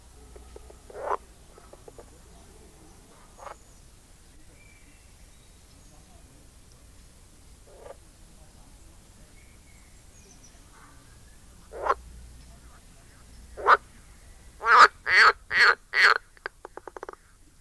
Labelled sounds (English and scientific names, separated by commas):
Edible Frog (Pelophylax esculentus)